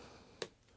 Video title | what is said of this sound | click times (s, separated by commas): Leatherman Bond - A Great Platform for Introductions to Multitools | but you can hear that click and it's got such a resistance to it | 0.4 s